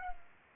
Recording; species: mosquito wingbeat signal from an infrared sensor; Culex pipiens